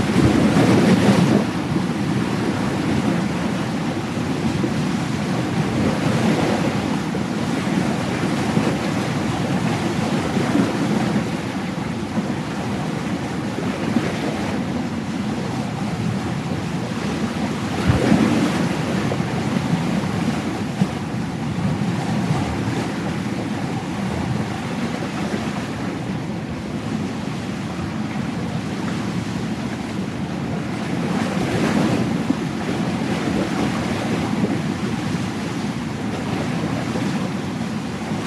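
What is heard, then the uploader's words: Ocean waves roll in a steady, dense wash that fills the whole clip without pause, heavy in the low rumble with a hissing spray on top. Brief surges swell through around 6, 18 and 31 seconds, and a faint wind rush sits underneath throughout. High Quality Stereo Ocean Sounds Of Rolling Waves.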